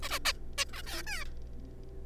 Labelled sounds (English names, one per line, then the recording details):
Zebra Finch
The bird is a juvenile
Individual R3549